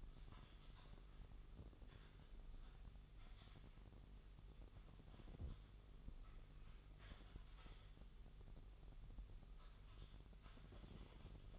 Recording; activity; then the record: daily activity, microphone in the room; typing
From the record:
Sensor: 4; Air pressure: 989.6 hPa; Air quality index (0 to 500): 226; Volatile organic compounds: 87 ppm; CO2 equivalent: 3660 ppm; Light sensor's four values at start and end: 26/91/33/35 and 26/91/33/35